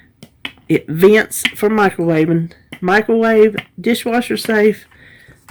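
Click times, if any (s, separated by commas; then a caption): 0.5 s. A snap-on lid is pressed onto a ceramic travel mug and snaps into place with a sharp click at 0.5 s, just after a fainter tap at 0.2 s. Someone talks through the rest of the clip.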